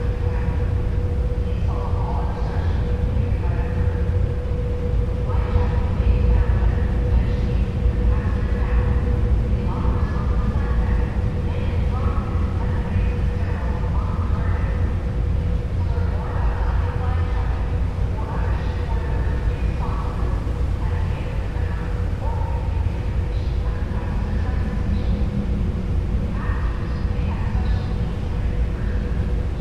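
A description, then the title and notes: Passengers chat on the rear deck of a ferry over a constant deep engine rumble and a steady mid-pitched drone that never lets up. Voices come in short overlapping bursts throughout, and the loudness stays even for the whole stretch. Bainbridge Outbound Rear Passenger Deck Board And Launch Stereo. A days' worth of round-trips on the Seattle-Bainbridge Island Ferry, nearly all short fore-and-aft from then passenger and car decks.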